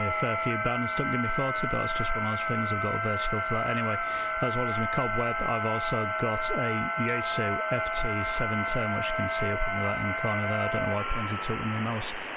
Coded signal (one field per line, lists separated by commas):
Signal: FT8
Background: speech